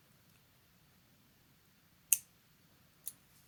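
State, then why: Seated. A small metal jump ring on a jewelry chain is closed with pliers until its split ends meet, giving a sharp little snap at 2.1 s that means the ends are lined up just right. A fainter click follows at 3.1 s over a low, steady hum.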